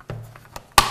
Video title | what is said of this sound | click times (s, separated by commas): AprilAire 4181 Pad Frame Installation | which also snaps into place | 0.8 s